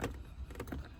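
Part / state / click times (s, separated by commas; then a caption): wiring connector into ignition switch on steering column / not seated / none. During an ignition switch replacement, a plastic wiring connector is handled at the ignition switch on the steering column. Brief plastic knocks and rustles are heard around 0.0, 0.6 and 0.7 seconds. Nothing has seated or clicked into place yet.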